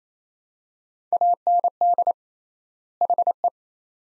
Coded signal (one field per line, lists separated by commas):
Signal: Morse code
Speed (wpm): 28 wpm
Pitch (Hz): 700 Hz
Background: none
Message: AND HE